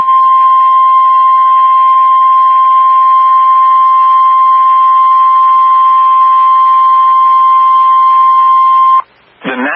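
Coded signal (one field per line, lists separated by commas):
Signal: Emergency Alert System (SAME) tones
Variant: 1050 Hz attention tone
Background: speech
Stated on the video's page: Severe thunderstorm warning for counties in Tennessee.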